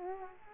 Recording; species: mosquito wingbeat signal from an infrared sensor; Culex quinquefasciatus